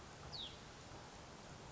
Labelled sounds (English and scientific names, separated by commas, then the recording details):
Hutton's Vireo (Vireo huttoni)
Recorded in Sonoma County, California